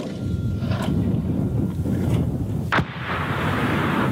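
60 mm mortar rounds firing and landing: a few dull, heavy thumps and cracks spaced out over a constant low rumble of wind-like noise, with a sharper blast near the end.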